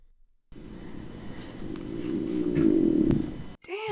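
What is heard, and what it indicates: Three seconds of low, swelling gurgling rumble from an adult's stomach, ordinary borborygmi; a voice starts at the end.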